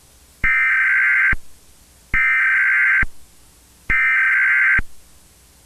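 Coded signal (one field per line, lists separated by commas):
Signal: Emergency Alert System (SAME) tones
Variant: header bursts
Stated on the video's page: Fictional EAS scenario in analog horror style, described as containing valid EAS tones.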